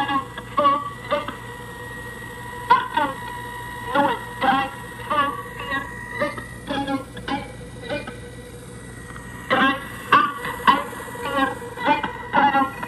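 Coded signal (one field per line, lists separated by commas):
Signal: numbers station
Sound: short spoken words at fairly even intervals, like numbers being read, over steady hum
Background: electrical hum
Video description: Here, being fed numbers station .wav files from the Teensy-based Music Thing Modular Radio Music module.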